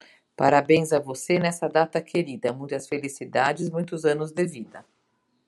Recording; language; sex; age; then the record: short text; Brazilian Portuguese; female; 50 to 59 years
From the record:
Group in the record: control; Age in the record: 50 years